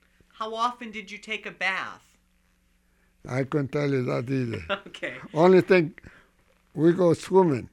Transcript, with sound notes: How often did you take a bath?
I couldn't tell you that either.
Okay. ( he laughs )
Only thing, we go swimming.